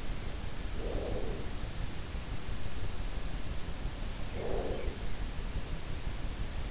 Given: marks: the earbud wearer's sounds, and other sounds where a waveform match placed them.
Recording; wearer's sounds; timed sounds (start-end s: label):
sounds in sleep by an in-ear microphone; breath
0.55-1.88 s: breath
4.10-5.22 s: breath